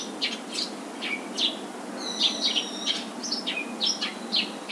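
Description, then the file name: Eurasian tree sparrow calls, bright chirps and descending slurs spaced unevenly, with a sustained flat tone in the middle, over low continuous noise. "suzume"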